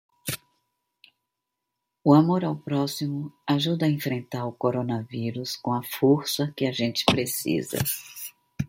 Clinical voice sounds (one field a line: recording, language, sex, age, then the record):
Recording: spoken sentence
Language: Brazilian Portuguese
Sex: female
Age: 70 to 79 years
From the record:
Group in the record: control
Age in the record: 72 years